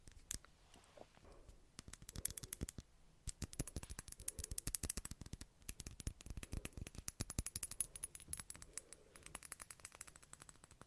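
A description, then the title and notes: Glass tapping in rapid, uneven bursts of bright clicks, dense from about three seconds on, with brief pauses and a faint steady high tone. ASMR Glass Tapping for Sleep.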